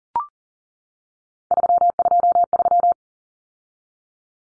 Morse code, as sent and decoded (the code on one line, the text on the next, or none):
...-- ..--- ...--
323